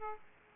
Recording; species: mosquito wingbeat signal from an infrared sensor; Aedes aegypti